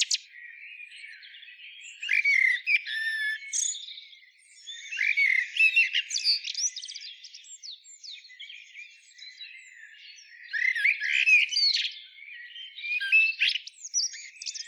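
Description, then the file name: Common blackbird singing broken phrases of squeaky, chattering and slurred notes, delivered in bursts separated by short quieter pauses. "Turdus merula"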